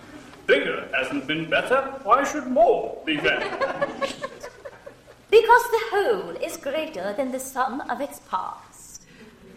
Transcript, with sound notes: Bigger hasn't been better. Why should more be better?
(laughing)
Because the whole is greater than the sum of its parts.